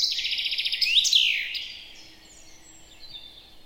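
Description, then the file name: Common chaffinch song: a fast, bright trill that ends in a sharp flourish, then fades into faint calls. "Fringilla coelebs"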